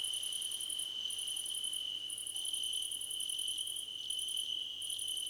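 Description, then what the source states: Crickets singing: rapid, evenly spaced pulses in short bursts over a steady high continuous trill. Crickets in a choir competition.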